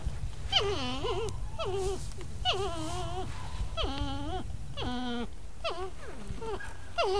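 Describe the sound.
North American porcupine whining: several harmonic, wavering calls that drop in pitch then level off, with steady low rumbling noise underneath.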